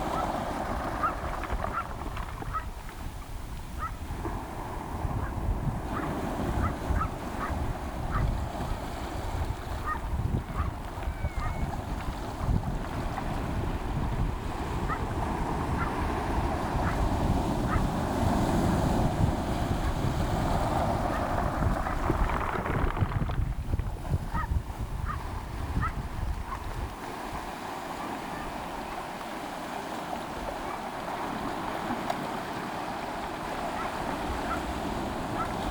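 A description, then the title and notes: Waves wash steadily up a beach as the tide rises, a dense, continuous rush with a low rumble and wind buffeting the microphone. Short, bright clicks and knocks recur throughout, like stones rolling in the backwash, and the surge briefly swells around twenty seconds. Nairn Beach Notes. Join me for a slow Beach run .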